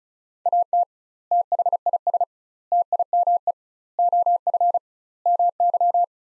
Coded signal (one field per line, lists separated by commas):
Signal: Morse code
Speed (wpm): 36 wpm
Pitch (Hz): 700 Hz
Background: none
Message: AT THIS TIME OF MY